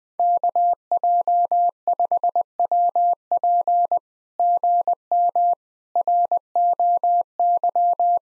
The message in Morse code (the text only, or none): KJ5WP GM ROY